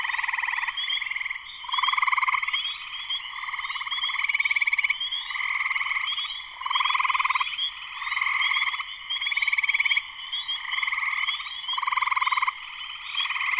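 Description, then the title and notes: Spring peepers calling en masse, a thick, high-pitched ringing of repeated peeps with recurring louder swells over a steady background chorus. Full chorus of spring peepers shortly after sunset in Sleeping Bear Dunes National Lakeshore, northern Michigan, USA. "Spring peepers (chorus frogs) in full chorus shortly after sunset in the Sleeping Bear Dunes National Lakeshore in northern Michigan, USA."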